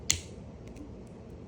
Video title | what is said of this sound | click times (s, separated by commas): How to Make a Model Magic Mushroom inspired by artist Yayoi Kusama | There's that satisfying snap to make sure the lid's on. | 0.1 s